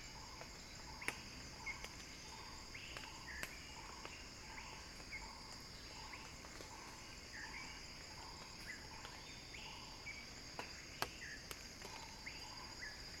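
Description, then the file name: Cicada song, a steady high-pitched buzzing drone held throughout, with soft pulsing calls repeated steadily lower down and scattered chirps from other callers. Cicada song building as a crescendo. "earth-fm Axel-Drioli Cicada-Crescendo-Sounding-Wild"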